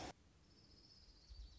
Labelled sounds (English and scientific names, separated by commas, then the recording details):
Orange-crowned Warbler (Leiothlypis celata)
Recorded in Sonoma County, California